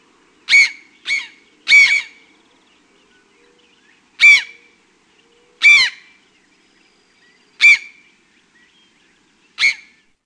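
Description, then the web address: Brown jay giving loud, harsh screams: a quick group of three, then single calls at irregular intervals. "Peterson North American Birds"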